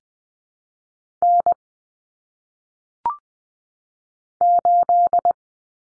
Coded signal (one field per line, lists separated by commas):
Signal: Morse code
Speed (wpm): 20 wpm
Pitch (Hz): 700 Hz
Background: none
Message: N 8